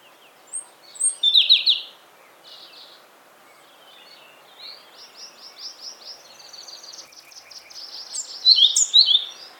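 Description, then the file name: European robin song: a bright jumbled burst, then a long run of evenly repeated notes, ending in high twittering notes. "Erithacus rubecula"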